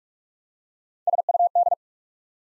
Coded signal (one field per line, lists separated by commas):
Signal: Morse code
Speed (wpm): 44 wpm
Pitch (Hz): 700 Hz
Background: none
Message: SUD